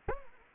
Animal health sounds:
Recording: mosquito wingbeat signal from an infrared sensor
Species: Anopheles arabiensis

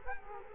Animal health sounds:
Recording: mosquito wingbeat signal from an infrared sensor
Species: Culex quinquefasciatus

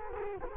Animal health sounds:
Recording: mosquito wingbeat signal from an infrared sensor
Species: Culex quinquefasciatus

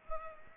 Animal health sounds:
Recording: mosquito wingbeat signal from an infrared sensor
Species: Culex pipiens

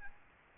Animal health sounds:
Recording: mosquito wingbeat signal from an infrared sensor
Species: Aedes albopictus

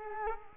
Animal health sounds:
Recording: mosquito wingbeat signal from an infrared sensor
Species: Culex quinquefasciatus

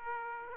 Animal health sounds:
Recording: mosquito wingbeat signal from an infrared sensor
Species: Aedes aegypti

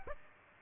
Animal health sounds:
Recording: mosquito wingbeat signal from an infrared sensor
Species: Aedes aegypti

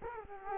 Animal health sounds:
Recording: mosquito wingbeat signal from an infrared sensor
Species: Culex quinquefasciatus

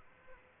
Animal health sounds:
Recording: mosquito wingbeat signal from an infrared sensor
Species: Aedes aegypti

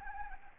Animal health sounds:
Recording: mosquito wingbeat signal from an infrared sensor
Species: Anopheles gambiae

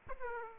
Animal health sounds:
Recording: mosquito wingbeat signal from an infrared sensor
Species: Aedes aegypti

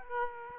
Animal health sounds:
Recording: mosquito wingbeat signal from an infrared sensor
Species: Aedes aegypti

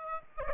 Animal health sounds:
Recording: mosquito wingbeat signal from an infrared sensor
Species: Aedes aegypti

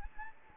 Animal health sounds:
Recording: mosquito wingbeat signal from an infrared sensor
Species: Anopheles gambiae

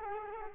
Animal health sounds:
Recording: mosquito wingbeat signal from an infrared sensor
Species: Culex quinquefasciatus

